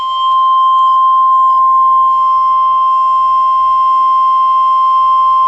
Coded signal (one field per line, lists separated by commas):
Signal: Emergency Alert System (SAME) tones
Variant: 1050 Hz attention tone